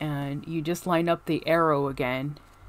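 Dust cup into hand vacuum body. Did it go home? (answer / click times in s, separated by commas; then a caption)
no / none. The plastic dust cup of an ionvac Model 7441 cordless hand vacuum is lined up with its arrow and twisted onto the vacuum body while someone talks. The clip ends before the cup goes home, so nothing has seated or clicked yet.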